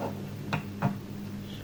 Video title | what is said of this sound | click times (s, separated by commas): Histology: Mounting, focusing and viewing a slide, basic steps. | Always make sure you hear a clicking sound. | 0.5 s